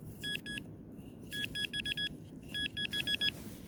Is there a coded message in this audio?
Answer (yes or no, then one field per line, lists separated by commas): no